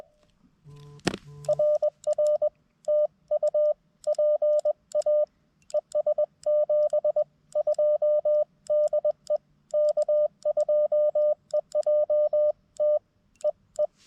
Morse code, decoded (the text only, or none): RR TU PA ES 72 DE K2EJT E E